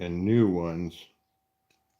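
While working on a 38 Special RC car, a new plastic snap-fit part, likely a rod end or ball cup, is handled at its fitting as someone talks for about the first second, followed by near silence. The part has not snapped into place yet; nothing has seated or clicked.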